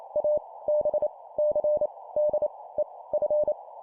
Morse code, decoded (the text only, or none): A B C D E F